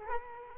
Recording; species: mosquito wingbeat signal from an infrared sensor; Culex quinquefasciatus